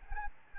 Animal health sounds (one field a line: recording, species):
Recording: mosquito wingbeat signal from an infrared sensor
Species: Aedes albopictus